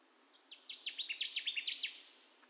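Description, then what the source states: Connecticut warbler song, a rhythmic run of clipped, downslurred notes delivered quickly and growing louder at first. Recorded 10 June 2021; nine songs.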